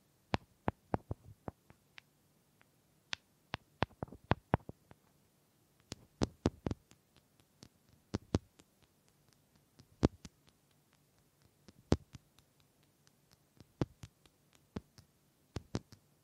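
Wooden taps and knocks come in irregular bursts, sometimes quick clusters of three or four, sometimes single crisp clicks spaced a second or two apart. Each hit is sharp and brief. A faint, steady low hum sits underneath throughout.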